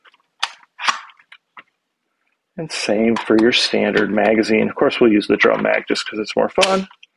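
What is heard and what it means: A standard plastic magazine is handled at the mag well of a blue and white Cpszship M4A1 gel ball blaster, giving short sharp plastic clatters and rustles in the first 1.6 seconds. Someone then talks from about 2.6 seconds to the end. Nothing has seated or clicked into place yet.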